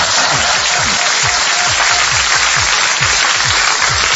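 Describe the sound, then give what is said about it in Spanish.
Sustained audience applause, a dense steady wash of many hands clapping at full volume for the whole stretch, with no voices cutting through. “Un aplauso. Por favor.”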